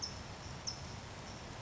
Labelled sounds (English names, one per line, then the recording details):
California Towhee
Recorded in Sonoma County, California